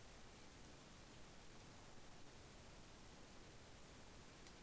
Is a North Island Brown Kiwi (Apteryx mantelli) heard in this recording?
no